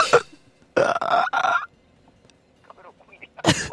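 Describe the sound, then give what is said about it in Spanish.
Loud, rattling turkey gobbles come in short bursts: a quick one, then two longer warbling calls back to back, a brief lull with faint murmuring, and a final gobble. “El pavo. El pavo.”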